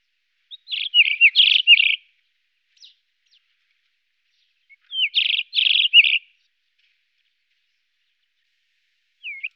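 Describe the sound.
White-crowned wheatear giving short phrases of chattering and whistled notes, two bursts about four seconds apart, with a brief slurred whistle near the end; otherwise quiet.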